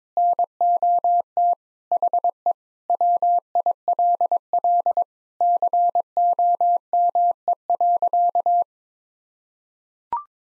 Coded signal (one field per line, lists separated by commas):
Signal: Morse code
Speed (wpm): 22 wpm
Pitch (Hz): 700 Hz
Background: none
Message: NOT HE WILL COME.